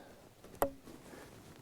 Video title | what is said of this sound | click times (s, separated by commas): EASY and FUN Jeep Cold Air Intake Install Plus Testing to See if it Works! | heard that click into place boom that looks happy now | 0.6 s